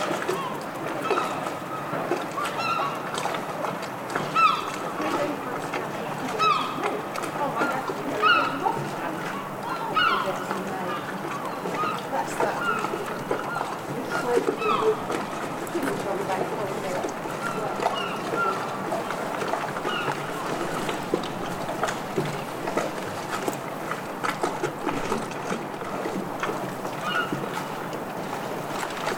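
A stormy harbour in the city of Bristol, with a steady, dense wash of sound holding at an even level throughout. Scattered voices, clatter and brief bright knocks surface over it, with no low rumble beneath.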